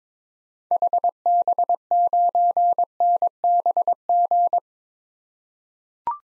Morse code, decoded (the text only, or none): HB9NBG